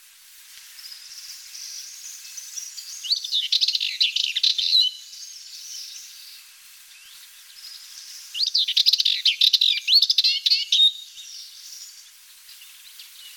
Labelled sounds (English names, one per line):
Sardinian Warbler song